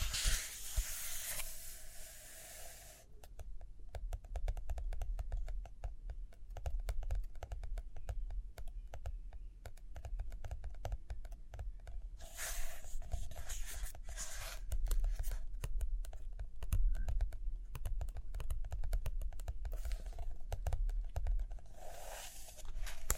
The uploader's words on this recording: ASMR Study With Me Page Turning and Tapping, Writing, Drawing (No Talking).